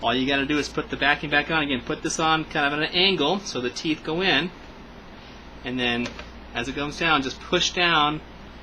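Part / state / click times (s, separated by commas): bottom access cover into laptop chassis / not seated / none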